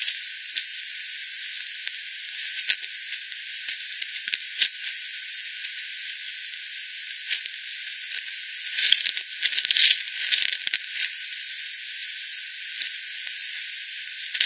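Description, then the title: Bat echolocation calls heard as dry ticks and clicks scattered over steady hiss, with a dense, crackling cluster around nine to eleven seconds. Multiple bats at the Hogsmill River by Hogsmill Lane, 7 October 2020, 18:10; frequency-division recording (FD10), bandpass-filtered and resampled. "WW bat 20201007 T 18 : 10 Z-Hogsmill-Lane-Hogsmill-River-multiple-bats-FD 10"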